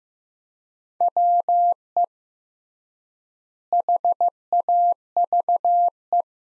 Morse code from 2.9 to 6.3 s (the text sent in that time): HAVE